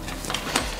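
A plastic push-pin fastener of a CoolerMaster Hyper 101 PWM Universal (RR-H101-30PK-RU) tower CPU cooler is handled at a motherboard mounting hole during mounting. Short handling knocks and scrapes are heard at about 0.2, 0.3, 0.3 and a sharper tick at 0.6 seconds over low background noise. Nothing has seated or clicked yet.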